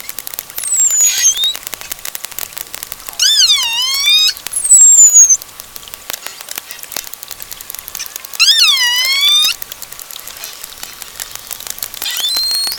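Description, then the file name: Pilot whale whistles: two loud harmonic calls that dip and then rise steeply, with other high whistles between them and dense, continuous clicking. "globicefalo"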